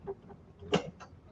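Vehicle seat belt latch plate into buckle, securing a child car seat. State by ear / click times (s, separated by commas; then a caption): seated / 0.7 s. After the vehicle seat belt is routed through a child car seat's belt path, the latch plate is pushed into the buckle to secure the car seat. A single sharp click is heard at 0.7 s, with faint handling noise before and after. The buckle is seated.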